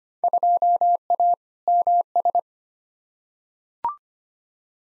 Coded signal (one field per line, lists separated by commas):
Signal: Morse code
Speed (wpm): 25 wpm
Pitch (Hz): 700 Hz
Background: none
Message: 2A MS